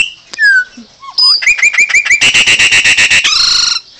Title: Passaro Preto